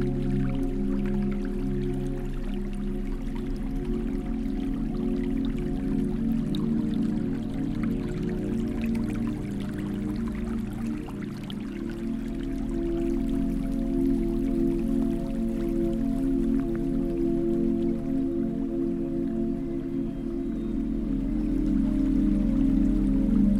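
Flowing river water blends with soft 432Hz tunes built from low, layered sustained tones that hold and shift gently. Faint splashing ticks of water sit above the music, and the overall level stays even from start to finish.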